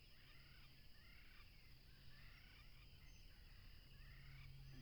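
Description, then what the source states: Crickets keep up a continuous shrill, ringing chorus, with soft chattering calls from other animals beneath and a faint low drone. Crickets at a tropical river, with a plane passing.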